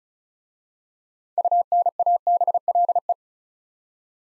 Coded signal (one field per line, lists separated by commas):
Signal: Morse code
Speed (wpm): 34 wpm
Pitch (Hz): 700 Hz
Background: none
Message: UNABLE